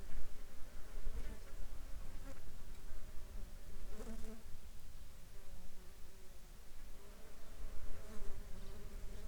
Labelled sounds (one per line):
insects